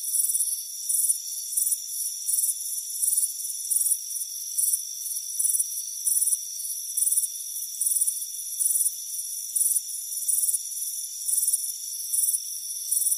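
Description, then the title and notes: Crickets give quick, high, trilled chirps in a regular beat over an even high ringing tone. Crickets chirping on a warm afternoon by a front porch. "Soothing Crickets Chirping Sound. It's a warm afternoon as you relax in a hammock on the front porch. Relax and fall asleep to the soothing sound of chirping crickets. Deep Sleep Sounds"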